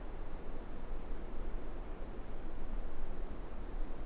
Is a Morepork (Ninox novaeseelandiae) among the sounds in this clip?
no